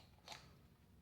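An item is pushed into a leather holder that closes with two snaps, with a brief sharp handling sound around 0.3 s over a low background rumble. Nothing has seated or snapped home yet.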